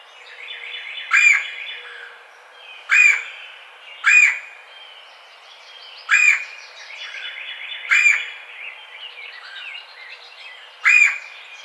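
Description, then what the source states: Red-bellied woodpecker repeating a burry, rolling kwirr call six times at uneven intervals, with faint twittering birds behind. Recorded 4 May 2009.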